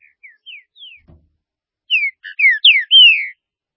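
Green-winged saltator song: quiet descending whistles lead into a loud, rich phrase of slurred notes, finishing with a long falling whistle; one soft knock.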